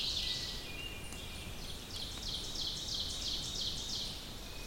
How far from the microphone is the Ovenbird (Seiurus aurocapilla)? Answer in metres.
about 85 m